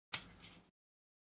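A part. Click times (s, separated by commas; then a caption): 0.1 s. A metal quick release plate is pushed into the clamp of an iFootage Spider Crabs 11" magic arm (MA 5-6) with its side lever opened. It pops in with one sharp click at 0.1 s, followed by a short ringing tail that fades by about 0.7 s. The plate is seated, and spring pins lock it in place.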